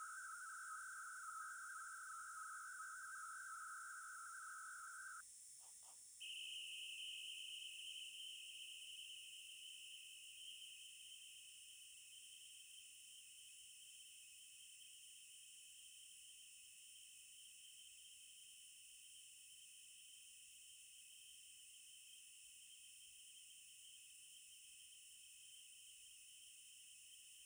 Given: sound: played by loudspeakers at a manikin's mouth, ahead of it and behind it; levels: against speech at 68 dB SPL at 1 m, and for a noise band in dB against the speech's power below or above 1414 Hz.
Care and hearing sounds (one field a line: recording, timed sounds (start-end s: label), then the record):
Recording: test signals for a remote microphone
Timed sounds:
0.00-5.20 s: noise band at 1414 Hz, as loud as that band is in speech
6.20-27.46 s: noise band at 2828 Hz, as loud as that band is in speech
From the record:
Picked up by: remote microphone B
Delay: 24 ms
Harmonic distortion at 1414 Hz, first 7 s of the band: under -43 dB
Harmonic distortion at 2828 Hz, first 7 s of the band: under -17 dB (system noise only)